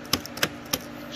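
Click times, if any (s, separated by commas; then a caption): 0.1 s, 0.7 s. A small plastic lock piece or trim on the passenger door panel of a 2011 Chevy Silverado is slid into place and pressed down while the door parts go back on after a mirror replacement. Sharp, short plastic clicks ring out, with the loudest at 0.1 s and 0.7 s and softer ticks in between. The piece clips down and is seated.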